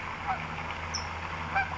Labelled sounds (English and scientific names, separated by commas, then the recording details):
California Towhee (Melozone crissalis)
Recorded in Sonoma County, California